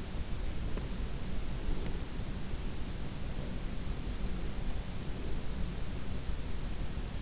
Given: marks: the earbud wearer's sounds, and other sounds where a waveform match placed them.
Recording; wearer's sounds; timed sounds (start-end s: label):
sounds in sleep by an in-ear microphone; breath
0.59-2.19 s: breath